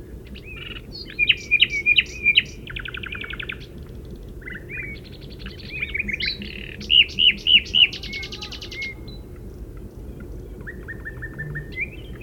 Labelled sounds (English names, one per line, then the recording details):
Common Nightingale song
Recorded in the wild
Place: Retgendorf, Mecklenburg-Vorpommern, DE
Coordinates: 53.729, 11.504
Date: 1972-06-13 21:00
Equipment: Nagra III BH, Sennheiser MD 21, parabola
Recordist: Schubert, Michael